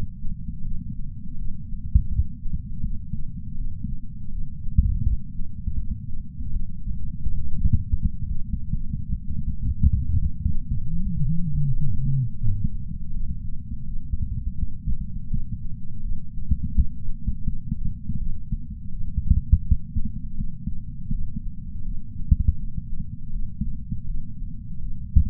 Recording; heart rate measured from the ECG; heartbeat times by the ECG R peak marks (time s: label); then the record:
heart sounds by patch sensor on the chest; 82 bpm
0.63 s: heartbeat
1.37 s: heartbeat
2.10 s: heartbeat
2.83 s: heartbeat
3.56 s: heartbeat
4.31 s: heartbeat
5.04 s: heartbeat
5.77 s: heartbeat
6.52 s: heartbeat
7.26 s: heartbeat
7.99 s: heartbeat
8.73 s: heartbeat
9.47 s: heartbeat
10.19 s: heartbeat
10.91 s: heartbeat
11.66 s: heartbeat
12.40 s: heartbeat
13.13 s: heartbeat
13.85 s: heartbeat
14.57 s: heartbeat
15.29 s: heartbeat
16.02 s: heartbeat
16.73 s: heartbeat
17.45 s: heartbeat
18.18 s: heartbeat
18.91 s: heartbeat
19.63 s: heartbeat
20.36 s: heartbeat
21.10 s: heartbeat
21.84 s: heartbeat
22.57 s: heartbeat
23.32 s: heartbeat
24.06 s: heartbeat
24.80 s: heartbeat
From the record:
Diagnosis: coronary artery disease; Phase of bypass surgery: preoperative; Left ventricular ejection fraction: 51.7%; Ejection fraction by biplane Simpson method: 50.1%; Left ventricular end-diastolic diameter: 56 mm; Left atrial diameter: 44 mm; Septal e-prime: 6.6 cm/s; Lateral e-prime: 7.4 cm/s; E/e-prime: 12.8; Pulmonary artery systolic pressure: 46 mmHg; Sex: female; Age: 69 years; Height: 155 cm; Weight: 70 kg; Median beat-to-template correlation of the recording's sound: 0.76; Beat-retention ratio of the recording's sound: 0.97